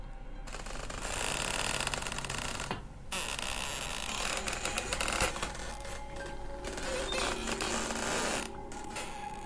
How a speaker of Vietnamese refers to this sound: Độ 30 phút sau, một y tá quay lại, cửa từ từ mở ra. Tiếng cánh cửa rít lên nặng nề.